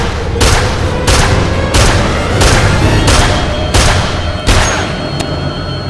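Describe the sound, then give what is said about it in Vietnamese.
A police sniper fires a string of about seven sharp gunshots at a steady, rapid pace, each crack loud and ringing briefly over a constant low rumble. No one speaks. “Khi thấy hai người lăm le xa tay, thì thiền xạ cảnh sát đã nổ súng ngăn chặn.”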